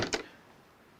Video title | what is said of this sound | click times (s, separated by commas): Intel Core Ultra 7 265K and ASRock Z890 Nova PC Build #gaming | and then just push straight down you hear it lock into place it ain't going nowhere | 0.0 s